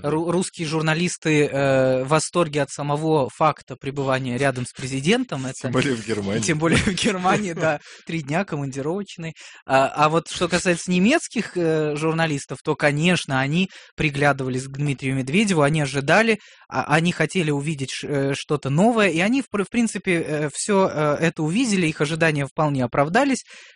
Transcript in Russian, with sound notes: …русские журналисты в восторге от самого факта пребывания рядом с президентом – это…
Тем более, в Германии.
Тем более, в Германии. (смеются) Три дня, командировочные. А вот что касается немецких журналистов, то конечно, они приглядывались к Дмитрию Медведеву, они ожидали, они хотели увидеть что-то новое, и они, в принципе, все это увидели, их ожидания вполне оправдались.